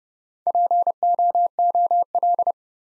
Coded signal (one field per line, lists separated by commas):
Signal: Morse code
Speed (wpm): 30 wpm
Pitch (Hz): 700 Hz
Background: none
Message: POOL